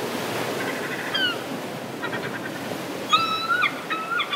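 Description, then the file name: Gull calls: a few harsh, nasal cries, some falling and some held, over a constant rush of surf. "seagull sound"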